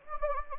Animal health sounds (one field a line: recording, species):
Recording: mosquito wingbeat signal from an infrared sensor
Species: Anopheles gambiae